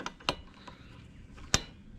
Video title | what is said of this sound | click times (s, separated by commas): How To Maintenance Riding Mower | spark plugs just put that boot on and you want to make sure it clicks just | 0.3 s